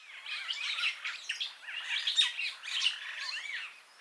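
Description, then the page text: Purple starling chattering: dense, squawky, overlapping notes with quick rising and falling slurs, continuous throughout with several louder bursts. "Bram Piot - Пурпурный скворец (Lamprotornis purpureus)"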